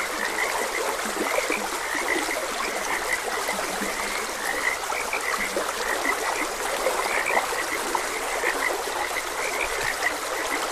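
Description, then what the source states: Frogs croaking in a chorus, short high chirping notes overlapping continuously, with a steady rush of flowing stream water throughout. Frogs croaking beside a gentle stream in a continuous ambient nature soundscape.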